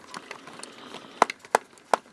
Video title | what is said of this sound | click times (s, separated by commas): How to video. Change motor on Bachmann class 66 | hear it clicking that means it's released | 1.2 s, 1.6 s, 1.9 s